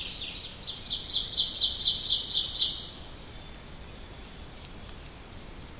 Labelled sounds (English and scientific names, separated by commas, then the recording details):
Ovenbird (Seiurus aurocapilla) song
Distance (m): 15 m
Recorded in boreal forest in Alberta, Canada, on 2 June 2016 at 07:00
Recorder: SongMeter 3, array SBT-3-7
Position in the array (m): 45 m, 157 m
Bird 4